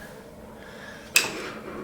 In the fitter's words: so in the unlock position offer that up till it clicks into position